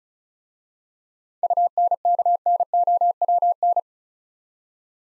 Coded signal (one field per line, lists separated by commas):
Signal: Morse code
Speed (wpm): 36 wpm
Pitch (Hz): 700 Hz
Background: none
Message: UNKNOWN